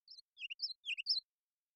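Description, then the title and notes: Ruby-crowned kinglet song fragment: a few bouncing, descending-rising warbled phrases, quiet and clean. Series of full songs, short songs and phrases; parabolic single-species recording, clean-processed with natural rhythm, pace and dynamics kept; Pacific Northwest, Washington, United States. "BIRDSong Kinglets - RubyCrowned Kinglet Song. Ruby-crowned Kinglet, Regulus calendula, song performance with a series of full songs, short songs, and phrases. Recorded in the beautiful Pacific Northwest in Washington, Unister States"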